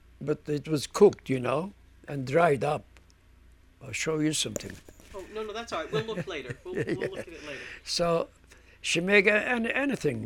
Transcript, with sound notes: but it was cooked, you know, and dried up. I'll show you something.
Oh, no, no, that's all right. We'll look later. We'll look a little bit later.
(he laughs) yeah, so, she make anything.